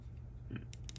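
The metal manual safety lever with a detent on a small Baby Browning .25 ACP pistol is flipped in the pistol frame, with a soft low thump near 0.5 s before sharp, crisp clicks at 0.7, 0.9 and 1.0 s. The lever clicks solidly into position and is seated.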